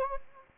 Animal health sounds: mosquito wingbeat signal from an infrared sensor; Anopheles gambiae

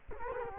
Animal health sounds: mosquito wingbeat signal from an infrared sensor; Culex quinquefasciatus

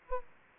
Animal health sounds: mosquito wingbeat signal from an infrared sensor; Anopheles gambiae

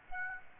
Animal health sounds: mosquito wingbeat signal from an infrared sensor; Aedes aegypti

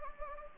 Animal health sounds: mosquito wingbeat signal from an infrared sensor; Anopheles gambiae

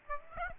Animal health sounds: mosquito wingbeat signal from an infrared sensor; Aedes aegypti

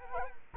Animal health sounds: mosquito wingbeat signal from an infrared sensor; Culex quinquefasciatus

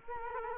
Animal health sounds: mosquito wingbeat signal from an infrared sensor; Culex quinquefasciatus

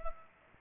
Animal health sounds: mosquito wingbeat signal from an infrared sensor; Culex pipiens

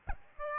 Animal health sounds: mosquito wingbeat signal from an infrared sensor; Aedes albopictus

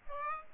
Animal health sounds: mosquito wingbeat signal from an infrared sensor; Aedes aegypti

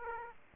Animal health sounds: mosquito wingbeat signal from an infrared sensor; Aedes aegypti

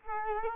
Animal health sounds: mosquito wingbeat signal from an infrared sensor; Culex quinquefasciatus

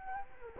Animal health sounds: mosquito wingbeat signal from an infrared sensor; Culex quinquefasciatus

